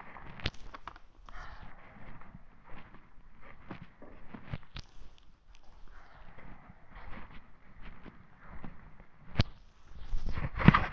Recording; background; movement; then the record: deep breathing; quiet; walking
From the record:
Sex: female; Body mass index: 18.8 kg/m2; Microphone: on the chest, facing the body